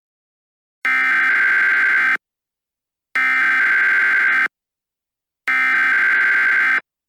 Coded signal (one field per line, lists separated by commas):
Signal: Emergency Alert System (SAME) tones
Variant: header bursts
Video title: EAS Scenario - The Novas